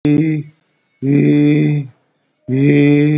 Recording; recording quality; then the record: sustained vowel as in beet; excellent, no background noise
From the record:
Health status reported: COVID-19 positive, mild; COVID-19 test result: positive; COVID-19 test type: RT-PCR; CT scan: not taken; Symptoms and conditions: cough, sore throat, muscle pain, hypertension, another condition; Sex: male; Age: 65 years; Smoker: no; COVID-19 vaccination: one dose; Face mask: worn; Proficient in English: no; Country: India